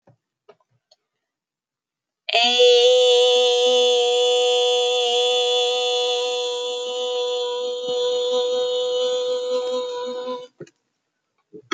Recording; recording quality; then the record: sustained vowel as in made; excellent, no background noise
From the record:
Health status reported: healthy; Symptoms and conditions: none ticked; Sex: female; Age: 30 years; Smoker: not ticked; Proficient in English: yes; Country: United States